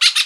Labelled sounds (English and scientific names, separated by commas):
Brown-throated Parakeet (Eupsittula pertinax) contact call